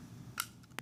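The other-side part of a Weatherby PA-08 pump shotgun is slid in, set in place, and given a little press so it moves past the retainer. A sharp tick sounds around 0.4 s, faint ticks follow, and a crisp snap at 0.8 s marks the part seating past the retainer.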